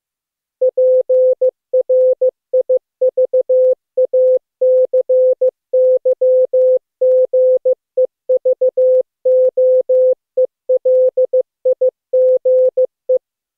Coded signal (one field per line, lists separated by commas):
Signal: Morse code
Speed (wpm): 15 wpm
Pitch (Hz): 510 Hz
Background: music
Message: PRIVACYGEVOELIGE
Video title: Daily Minutes, November 27, 2015, without the Contestia.